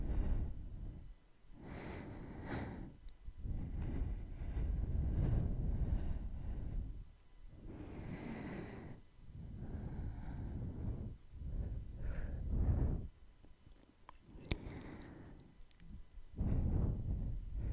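Close mouth sounds and breathing, with soft rushing breaths and rubbing swelling and fading in bursts of one to two seconds. Brief gaps of near silence separate them, and sharp tongue clicks and kissing smacks pop out around the middle and near the end.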